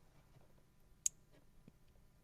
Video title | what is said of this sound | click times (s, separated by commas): FIRST START! (Did Not Go as Planned) - 3800 Swapping my Pontiac Fiero EP. 5 | Yep. I don't know if you guys heard that, but it just clicked into place. | 1.1 s